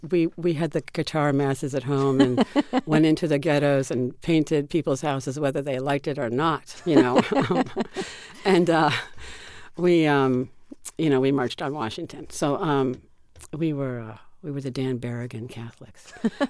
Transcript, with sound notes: We had the guitar masses at home and went into the ghettos and painted people's houses whether they liked it or not, you know.
(SOUNDBITE OF LAUGHTER)
And we, you know, we marched on Washington. So we were the Dan Berrigan Catholics.